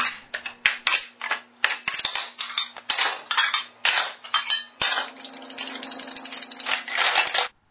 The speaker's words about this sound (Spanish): ¡No! ¡Creo que el gato botó las ollas! ¡No! ¡Nada que ver!